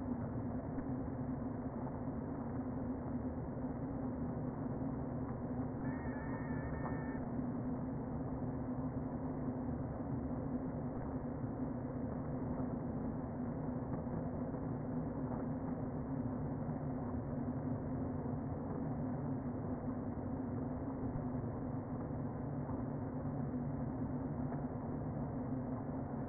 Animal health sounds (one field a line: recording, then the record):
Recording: honeybee colony, microphone inside the hive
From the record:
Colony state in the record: queen present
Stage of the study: before two queens were removed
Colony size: about 60,000 bees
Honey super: yes